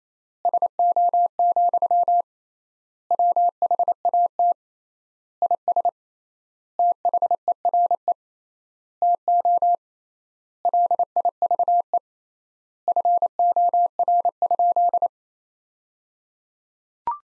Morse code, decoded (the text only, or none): SO, WHAT IS THERE TO LIVE FOR?